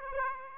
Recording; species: mosquito wingbeat signal from an infrared sensor; Aedes aegypti